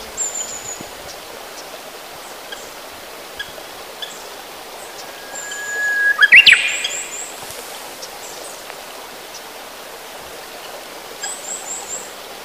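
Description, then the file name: Japanese bush warbler singing one brief phrase midway: a held whistle, then a fast rising and falling flourish. Faint high chirps and a steady hiss run throughout. "uguisu"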